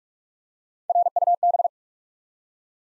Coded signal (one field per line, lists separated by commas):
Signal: Morse code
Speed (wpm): 43 wpm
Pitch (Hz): 700 Hz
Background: none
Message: RUB